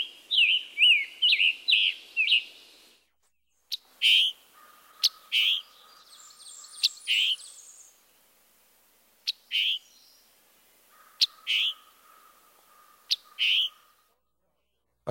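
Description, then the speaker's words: Scarlet Tanager burry song phrase at the start, then sharp separate call notes repeated at irregular intervals, with a steady tone between some of them. Robin-like but hoarse-sounding sing-song notes; emphatic, diagnostic chick-burr call note; likened to a robin with a sore throat. "Listen to its robin-like but hoarse-sounding sing-song notes and also the diagnostic chick-burr."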